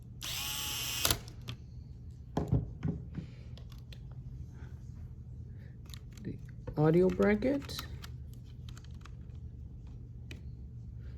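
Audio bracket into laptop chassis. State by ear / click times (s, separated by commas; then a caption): seated / 10.3 s. A plastic audio bracket is pressed into the chassis of a Lenovo Yoga 11e Gen 5 laptop during reassembly and seats with a click at 10.3 s. A loud, broadband whir is heard at the start, followed by scattered light taps and handling noises while someone talks.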